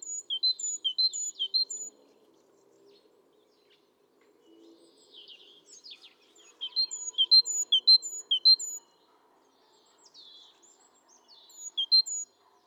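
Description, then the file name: Great tit song: bright high two-note phrases repeated rapidly in three bursts, with softer bird sounds and faint low background noise between them. "Parus major"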